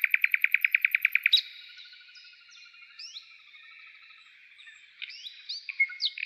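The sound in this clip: Nightingale opening with a loud, rapid pulsed trill, followed by quiet scattered whistles and short slurred notes.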